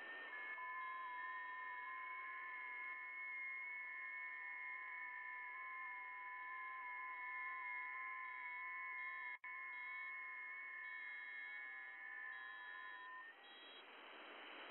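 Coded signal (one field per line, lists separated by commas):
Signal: FT8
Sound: several overlapping steady warbling tones stepping slightly in pitch, over hiss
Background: radio static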